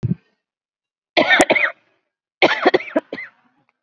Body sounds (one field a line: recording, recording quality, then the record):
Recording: heavy voluntary cough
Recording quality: excellent, no background noise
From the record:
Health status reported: COVID-19 positive, mild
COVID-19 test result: positive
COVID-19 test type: RT-PCR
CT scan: not taken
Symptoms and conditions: hypertension, diabetes, another condition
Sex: female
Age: 44 years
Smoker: no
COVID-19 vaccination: none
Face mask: worn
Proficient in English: yes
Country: India